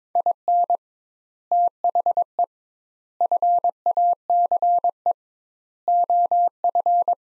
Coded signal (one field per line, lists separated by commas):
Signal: Morse code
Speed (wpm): 22 wpm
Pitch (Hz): 700 Hz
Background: none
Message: IN THE FACE OF